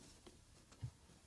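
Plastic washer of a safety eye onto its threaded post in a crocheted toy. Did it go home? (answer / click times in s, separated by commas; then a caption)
no / none. The plastic back washer of a safety eye is handled and pushed toward the ribbed, threaded post inside a crocheted toy head, with a faint tick at about 0.3 s and a soft low thump near 0.8 s. Nothing has seated or clicked yet; the clip ends just before the washer goes home.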